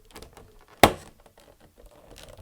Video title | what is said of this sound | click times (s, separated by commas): MOC Masters New Action Figure Protective Cases Review - MOTU Origins, Vintage, Funko More | there you go you can hear it snapping | 0.8 s